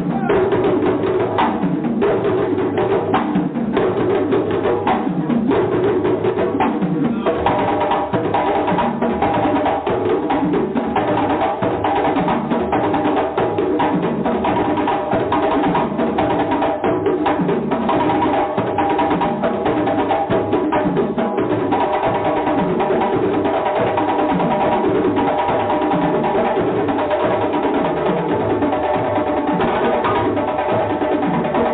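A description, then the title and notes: Drumming plays without a break for the whole stretch, a dense, busy pattern of quick hits at a steady loudness. The sound is dull and muffled, with no bright top, and a low, steady hum runs underneath the beats. Drumming.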